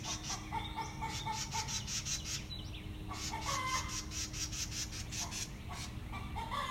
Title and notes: It’s a summer morning and the hens sound hungry.